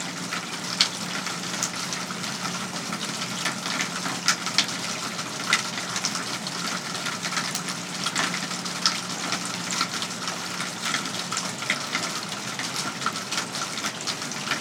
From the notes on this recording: A thunderstorm rolls in the distance as heavy rain floods the gutters and downspouts outside a home in West Michigan.